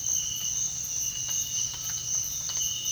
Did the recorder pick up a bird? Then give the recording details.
no. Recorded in secondary vegetation near Puerto Asís, Putumayo, Colombia, on 18 February 2024 at 06:30. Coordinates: 0.481, -76.323. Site G6376